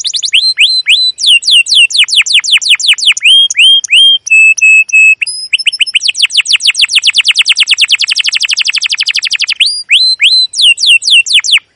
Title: CUIT CUIT NGEROL LANGSUNG GACOR PANJANG Kenari Ini Utk Pancingan KENAR. PANCINGAN Kenari GACOR PANJANG Cuit CUIT EMOSI ini utk MASTERAN Kenari PAUD belajar BUNYI